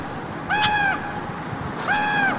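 Common raven calls, two drawn-out tonal calls with a slight arch, each about half a second long, separated by roughly a second of quiet background.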